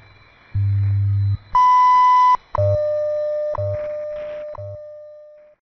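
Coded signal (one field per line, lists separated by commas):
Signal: radio time signal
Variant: WWV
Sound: low hum, then a long high beep, then a steady mid tone with ticks each second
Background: radio static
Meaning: The long 1000 Hz tone marks the start of a new minute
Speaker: at the tone 13 hours 31 minutes coordinated universal time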